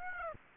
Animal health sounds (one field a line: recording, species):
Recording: mosquito wingbeat signal from an infrared sensor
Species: Aedes aegypti